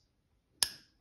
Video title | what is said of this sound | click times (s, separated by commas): 2010-2015 Lexus RX350 RX450h Front Brake Pads And Rotors Replacement Instructions | so when you're installing them make sure it goes on all the way until it clicks | 0.6 s